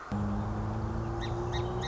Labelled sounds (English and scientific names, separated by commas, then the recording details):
Song Sparrow (Melospiza melodia)
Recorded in Sonoma County, California